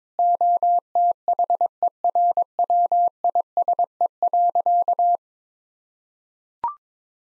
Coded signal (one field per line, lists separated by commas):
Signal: Morse code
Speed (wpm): 22 wpm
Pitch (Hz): 700 Hz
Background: none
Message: OTHERWISE.